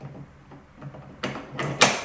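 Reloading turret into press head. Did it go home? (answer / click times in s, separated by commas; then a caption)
yes / 1.8 s. A metal four-hole turret from a Lee Precision Value 4-Hole Turret Press Kit is put back onto the press drive shaft, with faint handling and then a couple of louder scraping knocks at 1.2 s and 1.6 s. It drops into place with a sharp knock at 1.8 s, seated on the press.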